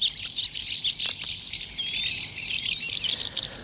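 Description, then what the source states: Common house martins give a dense stream of dry, high chirps and twitters, running continuously throughout. Species formerly nested on a bridge in Toledo, where almost no nests remain; the birds have begun migrating to Africa for the winter.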